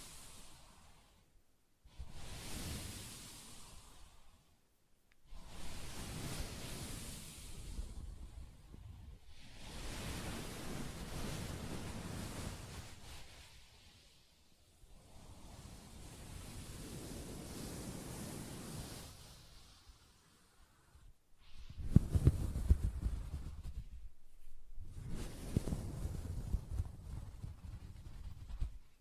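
Soft fabric being scratched and rubbed in long, hissing strokes separated by short silences, growing louder and rougher with thumping taps near the end.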